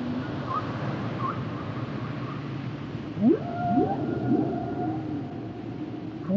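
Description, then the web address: Whale song: a few faint tones, then from about three seconds a cluster of rising upsweeps with long level whistles above, over a steady low rumble. "Natures Songs Whale Songs Whales and Dolphins - whale nature sounds songs"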